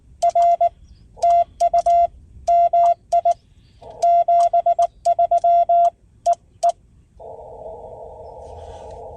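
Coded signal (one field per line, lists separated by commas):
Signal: Morse code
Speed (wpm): 19 wpm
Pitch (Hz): 690 Hz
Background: none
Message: R TU MI 73 EE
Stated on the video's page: CW sent during a POTA activation of a state forest from a mobile HF station, with engine noise and sloppy sending.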